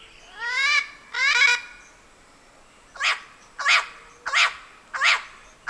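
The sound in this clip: Bird calls: two long harmonic honking notes, then after a pause several short harsh notes about every half second.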